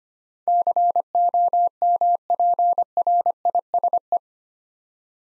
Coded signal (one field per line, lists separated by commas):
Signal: Morse code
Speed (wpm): 25 wpm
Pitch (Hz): 700 Hz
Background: none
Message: COMPRISE